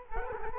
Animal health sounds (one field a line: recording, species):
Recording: mosquito wingbeat signal from an infrared sensor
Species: Culex quinquefasciatus